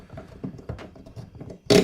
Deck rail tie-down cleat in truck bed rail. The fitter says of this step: then, it when it's tight, it'll it catches so you won't overtighten it, and then you got a solid um